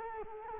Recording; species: mosquito wingbeat signal from an infrared sensor; Culex quinquefasciatus